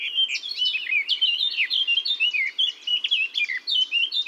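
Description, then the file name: Eurasian blackcap song: an unbroken, lively warble of varied high chirps and slurs running through the whole stretch. "Sylvia atricapilla"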